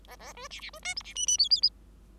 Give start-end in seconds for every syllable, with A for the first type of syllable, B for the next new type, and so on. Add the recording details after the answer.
0.07-0.16 A, 0.19-0.33 A, 0.34-0.48 B, 0.50-0.60 C, 0.60-0.70 C, 0.73-0.79 B, 0.82-0.94 D, 0.96-1.03 E, 1.04-1.14 C, 1.15-1.26 F, 1.26-1.37 F, 1.38-1.49 G, 1.50-1.61 G, 1.62-1.70 G. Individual Bird5